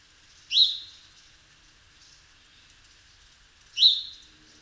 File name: Passer domesticus